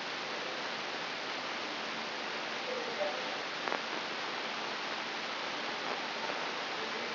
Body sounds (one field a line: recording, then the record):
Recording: brain microelectrode recording played as sound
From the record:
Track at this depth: inside the subthalamic nucleus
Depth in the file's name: 5.735 mm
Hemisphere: right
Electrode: 3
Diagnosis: Parkinson's disease